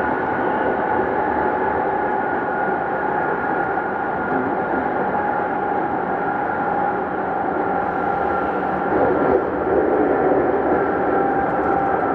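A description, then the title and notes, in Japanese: Inside a moving commuter train, a steady, dense rumble fills the whole clip with a constant mid-pitched motor whine riding on top. Around nine to ten seconds the running noise swells slightly louder and rougher, then settles back to an even drone. 東急2000系 渋谷〜あざみ野。急行運用を録音。車体9000系とほぼ同様のステンレス鋼製20m級軽量車体の4扉車である。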